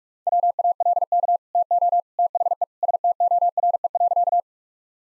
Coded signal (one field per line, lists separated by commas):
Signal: Morse code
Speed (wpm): 46 wpm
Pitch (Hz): 700 Hz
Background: none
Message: WALK TO THE STORE.